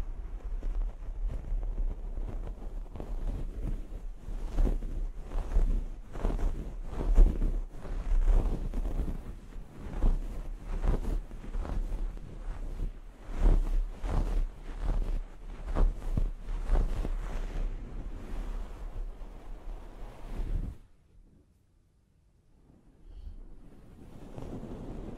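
A scalp massage during a hair wash: dense, rapid scrunching and rubbing strokes with a low rumble underneath, irregular but nearly continuous for about twenty seconds. The sound then drops to near silence for a few seconds before soft rubbing returns at the end.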